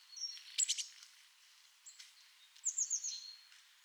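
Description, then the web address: Eurasian blue tit calls: high thin notes early on, a short pause, then a rapid run of high notes falling slightly in pitch. "SETE data Cyanistes caeruleus"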